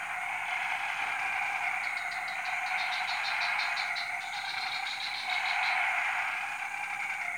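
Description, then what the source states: Massed frogs give a steady buzzing chorus while a quick ticking rattle runs through the middle. Frog chorus recorded at 03:00 on Tuesday 14 February 2017 at Jalan Kolonel Sugiono No. 9, Kuala Kapuas, Central Kalimantan, Indonesia.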